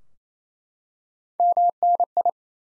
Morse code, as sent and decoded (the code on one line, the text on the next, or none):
-- -. ..
MNI